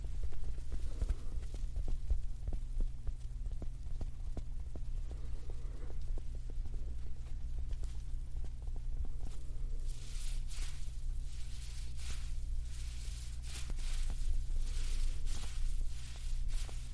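Soft makeup puff tapping and touching over a steady low hum, with quick repeated taps and, after ten seconds, airy brushing swipes.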